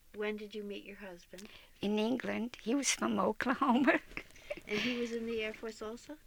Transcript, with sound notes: And when did you meet your husband?
In England. He was from (laughs)
And he was in the air force, also?